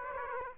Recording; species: mosquito wingbeat signal from an infrared sensor; Aedes aegypti